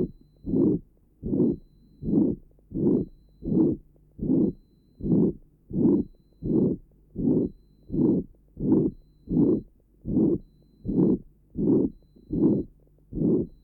Patient has a ventricular septal defect. Recording taken at left sternal edge. Note the pansystolic murmur.